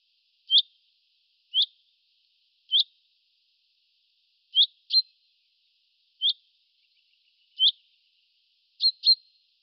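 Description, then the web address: Bird calls: short, sharp, high chips at irregular intervals of one to two seconds, twice given as quick doubled notes. "birddata Deverinetal 2025 Bird Fr Co"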